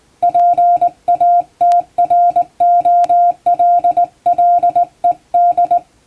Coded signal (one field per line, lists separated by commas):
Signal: Morse code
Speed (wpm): 20 wpm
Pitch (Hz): 700 Hz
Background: music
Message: PATROLLED